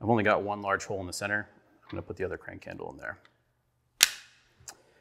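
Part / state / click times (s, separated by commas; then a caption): crank handle into fishing line winder spool / seated / 4.0 s. Someone talks, then a plastic crank handle, the second of two, is pushed into the large center hole of a plastic Scientific Anglers Regulator line-winder spool. It seats with a sharp, loud snap at 4.0 s, followed by a faint tick at 4.7 s.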